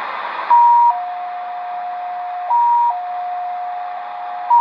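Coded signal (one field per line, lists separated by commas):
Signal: multi-tone FSK (Olivia or MFSK type)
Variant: XPA2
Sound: slow single tone switching between two pitches, short high then long low, repeating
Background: radio static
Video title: Degen DE-1103 - XPA2 Data Mode 13/08/2023 2100 UTC 12159kHz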